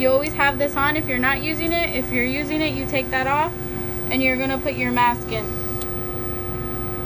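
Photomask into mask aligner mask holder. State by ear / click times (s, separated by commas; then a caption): seated / 5.8 s. A photomask is placed into a mask aligner's mask holder and locks into a small notch, giving a single short tick at 5.8 s. Someone talks over a steady background hum before the click, and the mask is seated.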